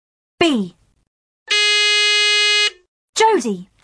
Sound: Jodie’s buzzer